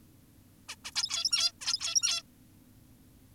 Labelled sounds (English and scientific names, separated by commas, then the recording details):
Zebra Finch (Taeniopygia guttata)
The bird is an adult
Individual g17y2U